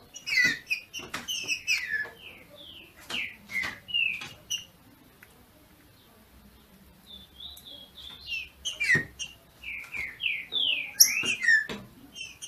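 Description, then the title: Green-winged saltator singing clear whistled phrases of slurred and downslurred notes in two bursts with a pause between, plus sharp clicks and taps throughout. Female singing in male style to stimulate the male. "FÊ MEA DE TRINCA FERRO MACHEANDO PARA ESQUENTAR O MACHO"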